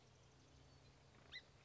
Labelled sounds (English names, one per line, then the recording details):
Song Sparrow
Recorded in Sonoma County, California